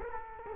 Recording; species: mosquito wingbeat signal from an infrared sensor; Culex quinquefasciatus